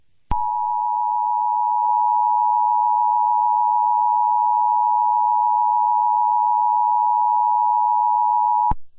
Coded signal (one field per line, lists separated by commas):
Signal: Emergency Alert System (SAME) tones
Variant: 853 and 960 Hz attention tone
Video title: EAS Scenario #2: What Lurks In The Dark